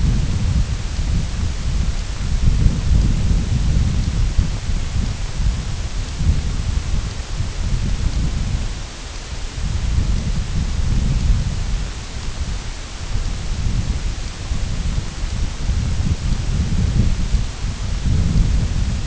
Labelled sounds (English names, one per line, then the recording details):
none
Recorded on Arctic tundra, site IGLO-F, on 22 June 2018
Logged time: 02:00